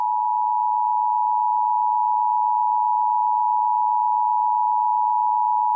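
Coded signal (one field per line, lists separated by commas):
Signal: Emergency Alert System (SAME) tones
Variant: 853 and 960 Hz attention tone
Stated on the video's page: Mock recreation of an EAS alert for New Year's storms.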